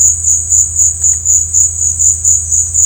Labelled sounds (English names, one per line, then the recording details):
none
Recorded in dense forest near Puerto Asís, Putumayo, Colombia, on 21 December 2024 at 16:00
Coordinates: 0.481, -76.323
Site G100